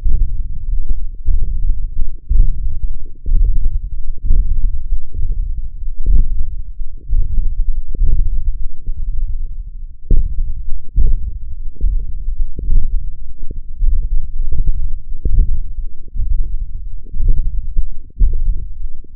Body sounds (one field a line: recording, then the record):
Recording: forearm muscle sounds (acoustic myography)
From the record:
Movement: hand opening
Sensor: system 1, eight BSWA MPA416 microphones around the upper forearm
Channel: 6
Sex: male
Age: 21 years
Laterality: right